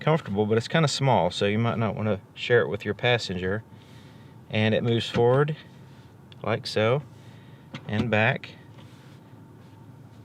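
The sliding center armrest of a 2018 Volkswagen Golf R, a soft, small armrest, is moved forward and back in its console track while someone talks throughout. Quiet handling sounds sit under the speech, and nothing has seated or clicked into its locking position yet.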